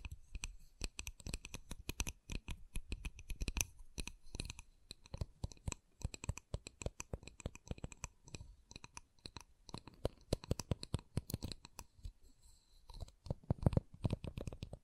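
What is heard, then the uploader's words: Wooden tapping and scratching make up a dense, irregular run of short clicks and knocks that continues through the whole stretch. Some strikes are soft and dull, others sharper and brighter. A burst of louder taps comes near the end, around thirteen to fourteen seconds. ASMR Calming Wood Triggers for Sleep (No Talking).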